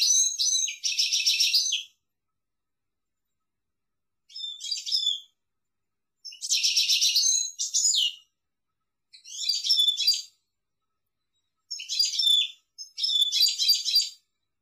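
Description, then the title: European goldfinch giving repeated bursts of twittering, tinkling notes, separated by pauses. "Chant Chardonneret"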